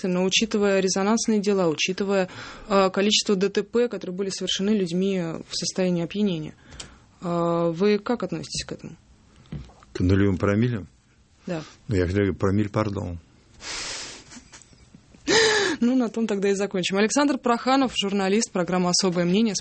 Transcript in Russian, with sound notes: Но учитывая резонансные дела, учитывая количество ДТП, которые были совершены людьми в состоянии опьянения, вы как относитесь к этому?
К нулевым промиллям?
Да?
Ну, я всегда говорю «Промилль-пардон». (смеется)
Ну, на том тогда и закончим. Александр Проханов, журналист, программа «Особое мнение».